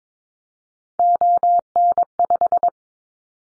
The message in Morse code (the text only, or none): ON5